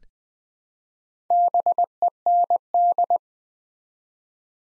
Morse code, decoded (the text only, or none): BEND